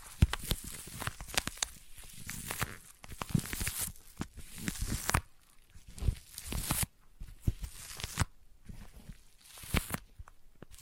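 Sticky tapping and tacky triggers: quick bursts of clicks and peeling, crackly sounds come in dense clusters, separated by brief quiet gaps near the 2, 5, 8 and 10 second marks. Sharp bright taps punctuate each burst, with occasional soft low thumps underneath.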